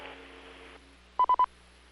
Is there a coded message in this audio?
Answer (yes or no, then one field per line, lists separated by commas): no